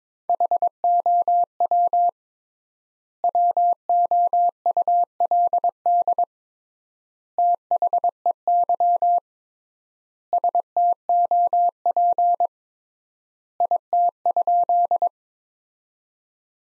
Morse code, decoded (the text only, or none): HOW WOULD THEY STOP IT?